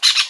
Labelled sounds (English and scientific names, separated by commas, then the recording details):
Brown-throated Parakeet (Eupsittula pertinax) contact call
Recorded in Venezuela
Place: Guárico; Corozopando; Fundo La Fe
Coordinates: 8.506, -67.593